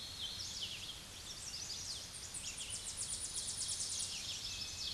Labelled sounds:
Tennessee Warbler (Leiothlypis peregrina) song
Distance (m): 35 m
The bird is about 15 m above the microphone
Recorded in a Pennsylvania forest on 16 May 2024 at 06:32
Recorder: AudioMoth, point MSD-2429
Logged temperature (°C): 16.7 °C
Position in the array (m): 73 m, 76 m

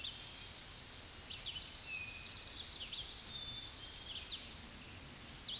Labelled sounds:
Eastern Towhee (Pipilo erythrophthalmus) song
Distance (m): 40 m
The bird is about 10 m above the microphone
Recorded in a Pennsylvania forest on 16 May 2024 at 09:45
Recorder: AudioMoth, point MSD-1035
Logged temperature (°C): 16.3 °C
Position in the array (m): 176 m, 125 m

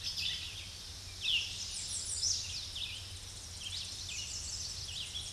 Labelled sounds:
American Redstart (Setophaga ruticilla) song
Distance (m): 35 m
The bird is about 10 m above the microphone
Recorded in a Pennsylvania forest on 16 May 2024 at 07:46
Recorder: AudioMoth, point MSD-0263
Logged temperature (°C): 16.0 °C
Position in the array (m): 59 m, 213 m

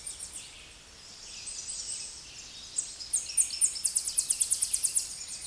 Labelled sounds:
Tennessee Warbler (Leiothlypis peregrina) song
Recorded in a Pennsylvania forest on 16 May 2024 at 08:29
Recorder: AudioMoth, point MSD-2478
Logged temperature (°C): 15.6 °C
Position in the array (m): 75 m, 203 m

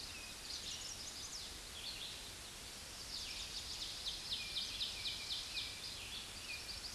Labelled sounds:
Ovenbird (Seiurus aurocapilla) song
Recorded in a Pennsylvania forest on 16 May 2024 at 07:33
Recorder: AudioMoth, point MSD-0690
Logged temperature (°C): 16.0 °C
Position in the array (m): 212 m, 130 m

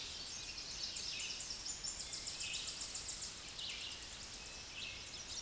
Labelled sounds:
Tennessee Warbler (Leiothlypis peregrina) song
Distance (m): 25 m
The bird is about 5 m above the microphone
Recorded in a Pennsylvania forest on 16 May 2024 at 08:32
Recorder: AudioMoth, point MSD-2478
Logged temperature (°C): 15.6 °C
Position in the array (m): 69 m, 170 m

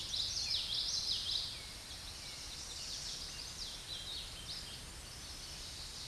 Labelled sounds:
Common Yellowthroat (Geothlypis trichas) song
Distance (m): 25 m
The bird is about level with the microphone
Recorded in a Pennsylvania forest on 16 May 2024 at 07:57
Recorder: AudioMoth, point MSD-2320
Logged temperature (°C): 12.8 °C
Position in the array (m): 232 m, 176 m

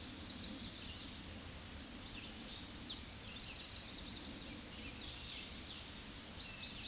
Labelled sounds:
Chestnut-sided Warbler (Setophaga pensylvanica) song
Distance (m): 30 m
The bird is about 5 m above the microphone
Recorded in a Pennsylvania forest on 16 May 2024 at 06:50
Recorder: AudioMoth, point MSD-2304
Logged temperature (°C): 16.0 °C
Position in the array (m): 225 m, 186 m

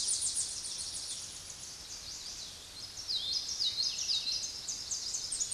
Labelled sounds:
Common Yellowthroat (Geothlypis trichas) song
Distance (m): 15 m
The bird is about 5 m above the microphone
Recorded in a Pennsylvania forest on 16 May 2024 at 06:18
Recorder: AudioMoth, point MSD-2349
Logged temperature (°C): 15.8 °C
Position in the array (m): 62 m, 48 m

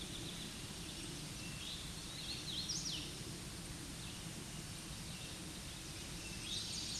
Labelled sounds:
Hooded Warbler (Setophaga citrina) song
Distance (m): 30 m
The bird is about level with the microphone
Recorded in a Pennsylvania forest on 16 May 2024 at 07:50
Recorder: AudioMoth, point MSD-2163
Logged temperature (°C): 16.1 °C
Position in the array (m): 155 m, 118 m

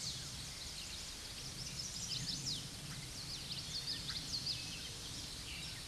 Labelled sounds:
Common Yellowthroat (Geothlypis trichas) song
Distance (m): 25 m
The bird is about 5 m above the microphone
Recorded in a Pennsylvania forest on 16 May 2024 at 06:52
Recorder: AudioMoth, point MSD-0438
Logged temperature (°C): 14.5 °C
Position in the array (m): 85 m, 83 m

